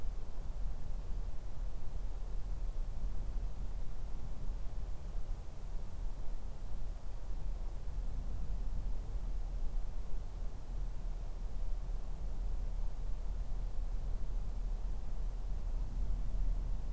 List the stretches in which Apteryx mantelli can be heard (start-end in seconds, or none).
none